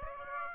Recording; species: mosquito wingbeat signal from an infrared sensor; Aedes aegypti